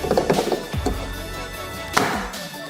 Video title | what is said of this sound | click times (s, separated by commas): Rotimatic Plus unboxing and review | I think you need to hear the click sound whenever you place this thing in. | 2.0 s